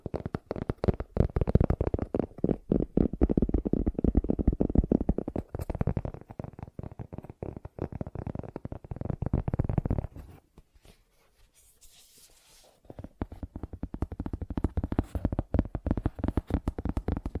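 Fast tapping in dense, rapid low thuds, quieting to sparse soft taps around ten to thirteen seconds, with a brief hiss near twelve, then resuming.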